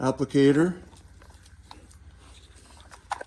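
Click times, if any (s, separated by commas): none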